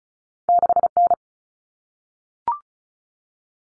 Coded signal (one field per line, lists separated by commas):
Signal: Morse code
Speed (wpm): 34 wpm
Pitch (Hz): 700 Hz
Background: none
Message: 6N